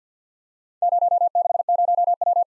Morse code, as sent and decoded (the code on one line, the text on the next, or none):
----- -.... ----- .--
060W